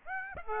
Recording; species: mosquito wingbeat signal from an infrared sensor; Aedes aegypti